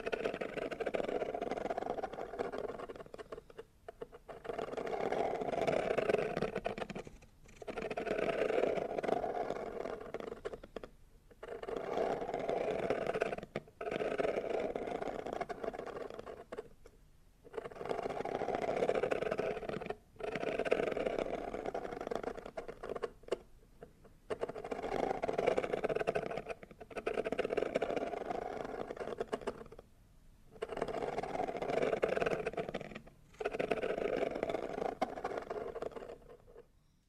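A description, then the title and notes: Scratching and rubbing on cardboard comes in repeated strokes, each lasting two to four seconds with brief silent gaps between. The texture is coarse and papery, fuller in the low-middle range with a gritty upper edge, steady in pace across the recording. Scratching, Rubbing & Tracing on Cardboard Boxes (NO TALKING).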